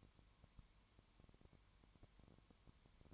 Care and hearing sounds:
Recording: daily activity, microphone in the room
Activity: no activity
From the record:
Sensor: 3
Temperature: 20.1 degrees Celsius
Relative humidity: 31.4%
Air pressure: 1001.3 hPa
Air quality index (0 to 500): 74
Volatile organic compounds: 1 ppm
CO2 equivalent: 698 ppm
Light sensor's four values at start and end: 2/3/2/2 and 2/3/2/2

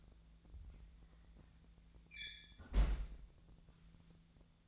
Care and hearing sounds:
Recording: daily activity, microphone in the room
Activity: close fridge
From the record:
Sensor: 3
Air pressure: 1009.6 hPa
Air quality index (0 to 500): 193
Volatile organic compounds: 15 ppm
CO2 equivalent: 2506 ppm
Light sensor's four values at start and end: 36/90/39/41 and 36/89/38/40

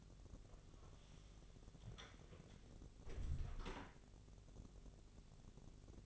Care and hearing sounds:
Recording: daily activity, microphone in the room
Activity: close door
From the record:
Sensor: 4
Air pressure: 1001.2 hPa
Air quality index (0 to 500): 182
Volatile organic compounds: 2 ppm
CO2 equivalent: 1302 ppm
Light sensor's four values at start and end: 14/33/13/14 and 16/38/15/16

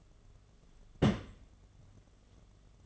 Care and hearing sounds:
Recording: daily activity, microphone in the room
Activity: place on stove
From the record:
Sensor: 4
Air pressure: 1011.1 hPa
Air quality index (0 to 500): 144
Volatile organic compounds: 3 ppm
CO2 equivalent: 1473 ppm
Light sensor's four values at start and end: 201/523/221/231 and 200/520/220/229

